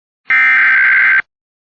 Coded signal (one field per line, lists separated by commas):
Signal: Emergency Alert System (SAME) tones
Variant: header bursts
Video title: EAS: CHILD ABDUCTION EMERGENCY: for the state of Texas